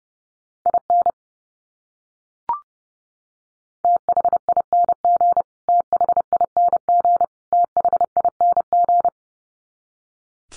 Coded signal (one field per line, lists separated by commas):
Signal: Morse code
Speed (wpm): 30 wpm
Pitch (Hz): 700 Hz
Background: none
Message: IN THING THING THING